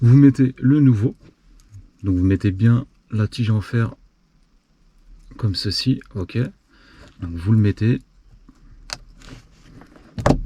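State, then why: Seated. A new plastic sun visor retaining clip for an Audi, with its metal rod positioned, is pressed into the car's roof mounting in the headliner while someone talks. Sharp snaps are heard at 8.9 s and 10.3 s as the clip seats firmly in place.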